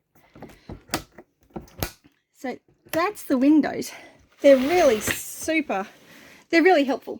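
A push-click window latch in a caravan window frame is pushed to close the window, giving a series of plastic clicks. The two loudest come at 0.9 s and 1.8 s as the latch engages and the window closes. Afterward, someone talks.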